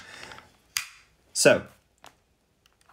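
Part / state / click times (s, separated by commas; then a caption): fixed-blade knife into its sheath / seated / 0.8 s. A fixed-blade knife is pushed into its hard sheath, which is mounted on a flip clip. Ratchet-like sounds are heard as it goes in, then a sharp, loud click at 0.8 s as it snaps into place and seats. Someone talks, and a few faint ticks follow.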